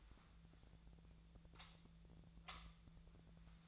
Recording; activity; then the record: daily activity, microphone in the room; light off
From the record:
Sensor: 3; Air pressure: 1009.7 hPa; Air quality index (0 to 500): 190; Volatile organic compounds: 14 ppm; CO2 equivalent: 2475 ppm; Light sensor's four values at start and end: 46/120/51/52 and 39/97/42/45